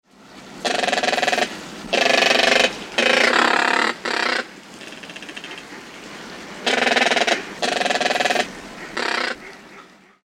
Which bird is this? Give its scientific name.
Caracara plancus